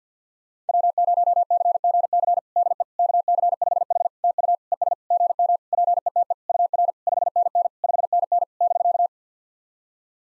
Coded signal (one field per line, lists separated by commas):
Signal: Morse code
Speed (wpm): 54 wpm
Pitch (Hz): 700 Hz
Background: none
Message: W0CGC DE KC5H TU ES GM PETE UR 5NN 5NN <BK>